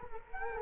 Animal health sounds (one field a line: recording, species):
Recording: mosquito wingbeat signal from an infrared sensor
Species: Culex quinquefasciatus